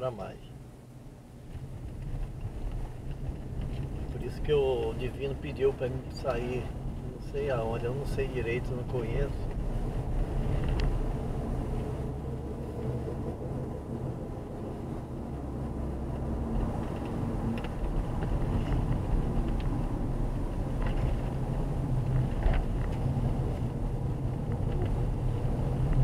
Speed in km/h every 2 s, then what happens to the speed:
16, 23, 27, 31, 37, 41, 46, 51, 52, 47, 43, 42, 42.
0-14 speeds up to 51. 16-21 slows to 42.